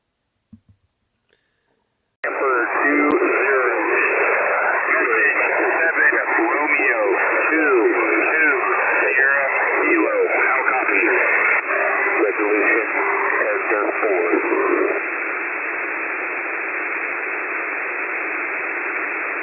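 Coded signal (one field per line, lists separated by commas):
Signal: coded military voice message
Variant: HFGCS Emergency Action Message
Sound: single-sideband radio voice reading a message over steady hiss, slightly quieter near the end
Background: radio static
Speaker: as soon as I heard Sky King, Sky King, I was like, "Oh, damn. I got to record this." And I got my screen recorder and I started recording, but I missed the beginning. I'm going to see if somebody else has the actual Sky King part. But let's take a listen.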